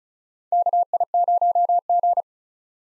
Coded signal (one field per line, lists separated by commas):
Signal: Morse code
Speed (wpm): 36 wpm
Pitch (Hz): 700 Hz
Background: none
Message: KI0G